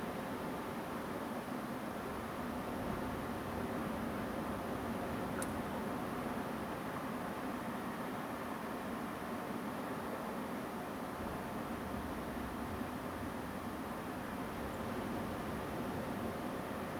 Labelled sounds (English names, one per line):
Song Thrush